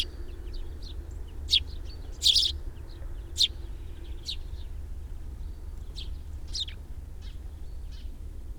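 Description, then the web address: Sparrow chirps, a few sharp high notes scattered irregularly, with a steady low rumble underneath. "fugl s-spurv"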